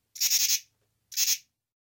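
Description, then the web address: Common true katydid giving two scratchy pulsed phrases, the first of four quick rasps and the second of three, separated by a short silence. Male calling. "Crickets and Katydids Pteryphylla camellifolia, male calls"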